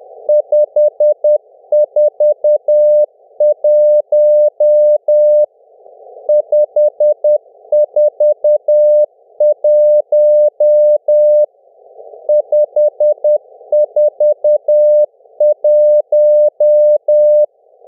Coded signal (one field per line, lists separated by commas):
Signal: Morse code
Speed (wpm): 10 wpm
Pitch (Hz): 600 Hz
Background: music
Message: 541 541 541